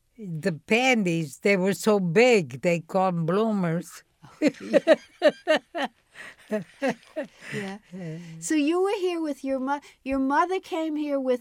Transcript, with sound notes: the panties, they were so big, they call them bloomers. (laughs)
So you were here with your mother, your mother came here with